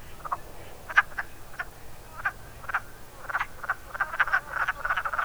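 Wood frog clucks, hoarse and duck-like, sparse at first then crowding into a quicker run of overlapping croaks toward the end.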